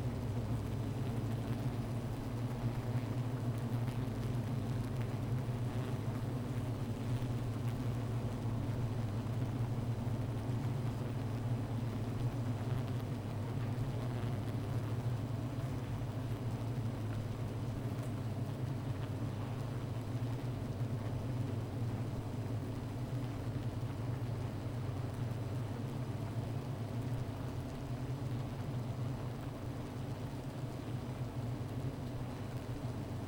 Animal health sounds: honeybee colony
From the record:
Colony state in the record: missing queen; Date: 14 July 2017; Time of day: 15:04

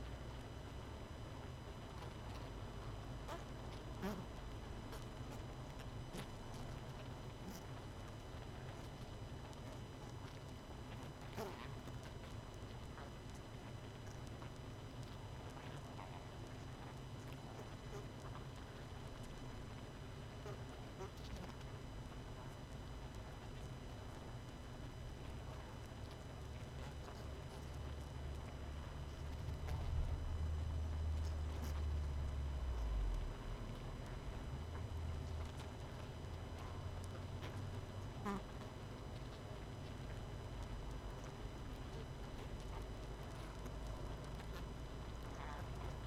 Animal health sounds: honeybee colony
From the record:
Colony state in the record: missing queen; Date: 31 May 2018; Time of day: 22:23

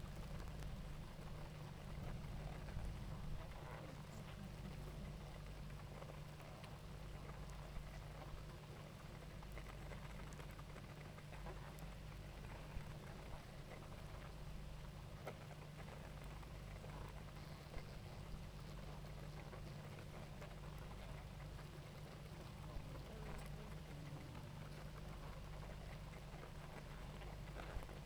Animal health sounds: honeybee colony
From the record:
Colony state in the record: active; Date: 28 July 2017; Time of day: 18:59

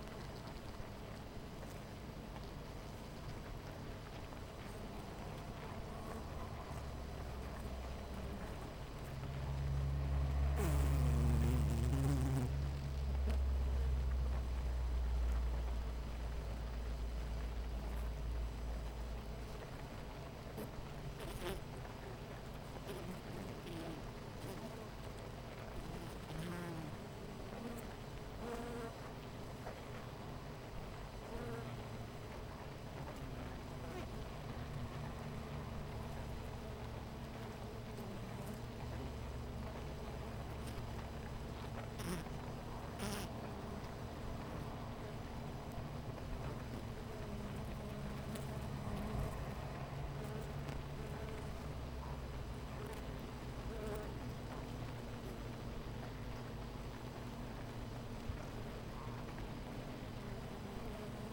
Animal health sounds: honeybee colony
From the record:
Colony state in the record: missing queen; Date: 14 July 2017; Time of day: 10:24

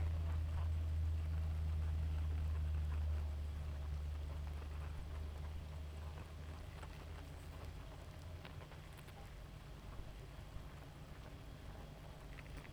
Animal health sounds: honeybee colony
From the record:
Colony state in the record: active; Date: 28 July 2017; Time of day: 0:15

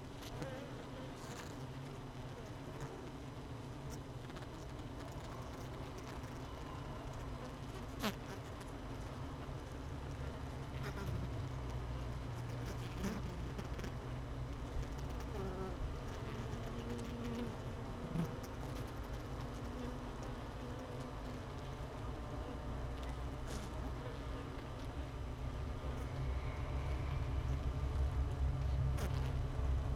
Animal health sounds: honeybee colony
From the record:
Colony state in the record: missing queen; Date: 31 May 2018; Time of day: 17:23

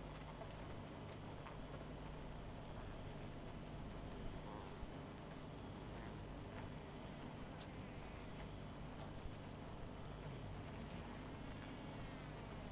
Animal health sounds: honeybee colony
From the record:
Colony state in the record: missing queen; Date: 14 July 2017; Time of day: 21:02

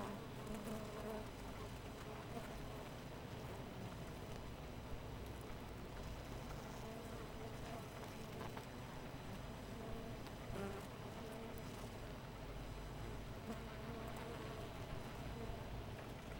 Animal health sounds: honeybee colony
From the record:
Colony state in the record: missing queen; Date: 14 July 2017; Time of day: 5:30

